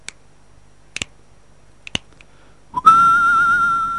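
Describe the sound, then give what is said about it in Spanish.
A few sharp finger snaps in sparse rhythm, followed by a loud, sustained whistle that slides up and holds a bright, slightly wavering tone, like a gang's whistled call. “Esa imagen aérea de Nueva York, ¿eh? Mientras se escuchan las llamadas de las pandillas a ritmo de silbido ese. Y chasquido.”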